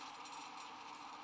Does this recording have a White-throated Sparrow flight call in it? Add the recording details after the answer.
no. No flight call is heard. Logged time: 05:00 on 14 December 2014